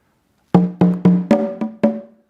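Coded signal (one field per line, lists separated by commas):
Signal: talking drum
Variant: Akan talking drum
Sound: six resonant drum strokes, three low then three slightly higher, woody and ringing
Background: small room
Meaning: The spirit of everything that's here, arise and come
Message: Ashampon teen teen teen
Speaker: Ashampon teen teen teen. It means the spirit of everything that's here arise and come.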